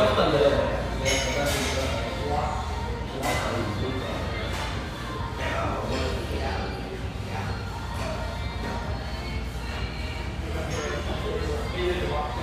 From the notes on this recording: lively chatter from this spacious, vivacious tea room in the North End of Boise